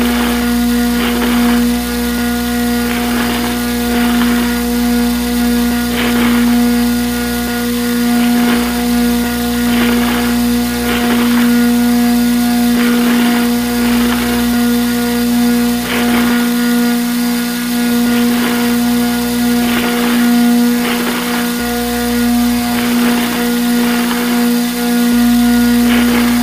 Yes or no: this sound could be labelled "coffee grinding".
yes